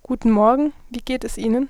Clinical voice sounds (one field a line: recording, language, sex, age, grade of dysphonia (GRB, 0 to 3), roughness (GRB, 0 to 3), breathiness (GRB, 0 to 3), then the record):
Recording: spoken sentence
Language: German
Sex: female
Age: 20 to 29 years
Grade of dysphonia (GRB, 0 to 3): 0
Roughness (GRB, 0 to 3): 0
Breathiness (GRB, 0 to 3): 0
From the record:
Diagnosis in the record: healthy voice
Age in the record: 25 years